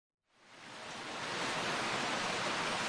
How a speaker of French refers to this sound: Il pleut. En japonais, on le décrit de la façon suivante. Zaza. On dit « za, za » lorsqu'il pleut fort.